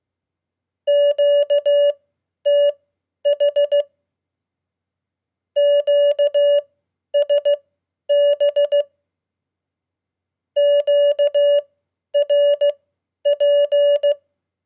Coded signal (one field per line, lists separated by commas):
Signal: Morse code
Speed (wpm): 16 wpm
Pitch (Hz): 580 Hz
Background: none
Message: QTH QSB QRP